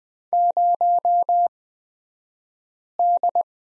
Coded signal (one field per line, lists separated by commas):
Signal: Morse code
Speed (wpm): 20 wpm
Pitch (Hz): 700 Hz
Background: none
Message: 0D